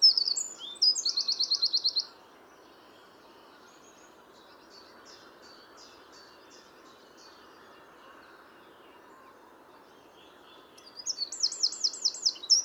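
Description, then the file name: Eurasian wren giving a fast, high rattling trill, then a long quiet stretch with faint twitters, before a second loud trill near the end. "Troglodytes troglodytes"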